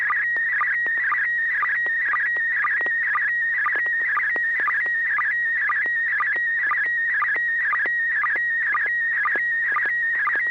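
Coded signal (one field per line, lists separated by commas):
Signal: SSTV (slow-scan television)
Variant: PD120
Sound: warbling tone around 2 kHz with a rhythmic chirp about twice a second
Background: low hum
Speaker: this is going to be pd 120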